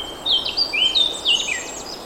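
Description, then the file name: Eurasian blackcap giving a rich, rapid warble of fluty slurred whistles in a brief continuous burst against a light hiss. "Sylvia atricapilla"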